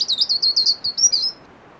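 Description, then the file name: European robin song phrase of a rapid series of high, thin notes near one pitch, ending in a slightly longer falling note, with quiet background. "Erithacus rubecula"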